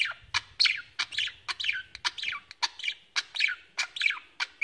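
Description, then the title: Budgerigar giving repeated short scratchy chirps and warbled notes in quick succession, with a faint low rumble underneath at the start. "Budgie Sounds"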